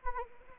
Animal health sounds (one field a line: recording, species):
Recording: mosquito wingbeat signal from an infrared sensor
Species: Anopheles arabiensis